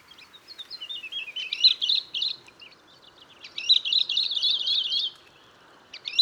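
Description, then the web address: Bird uttering rapid high twittering and trilled phrases, two longer runs with a short gap between, above faint background noise. "Ptichki Ula. pozivki"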